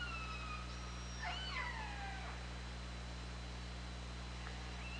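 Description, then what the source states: Killer whale calls, overlapping harmonic cries with a sharp upward jump and a long descending glide, then a brief faint call near the end, over low hydrophone hum. Recorded on the OrcaLab hydrophone, 24 August 2017, at 20:23.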